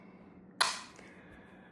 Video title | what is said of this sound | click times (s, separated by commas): LED Under Cabinet Lighting with Motion Sensor | I mean they just snap on just like that so it's really nice | 0.6 s